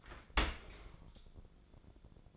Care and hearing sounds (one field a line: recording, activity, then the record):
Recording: daily activity, microphone in the room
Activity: open dishwasher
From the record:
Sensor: 5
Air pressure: 1000.6 hPa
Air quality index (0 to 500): 151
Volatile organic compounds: 2 ppm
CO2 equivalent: 1157 ppm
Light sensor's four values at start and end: 40/92/39/42 and 40/91/39/42